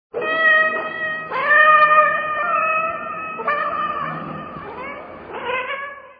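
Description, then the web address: Cat meowing: four long, drawn-out harmonic meows in quick succession, each wavering slightly in pitch. "ezrocats fil marusya"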